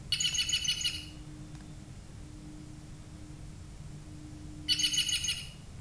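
Green Jay calls: a rapid burst of dry, buzzy, rattling notes, a pause of several seconds, then a second matching rattling burst.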